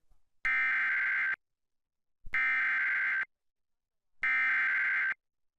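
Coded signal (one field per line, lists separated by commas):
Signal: Emergency Alert System (SAME) tones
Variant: header bursts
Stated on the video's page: Severe thunderstorm EAS weather alert broadcast on a TV station during a program.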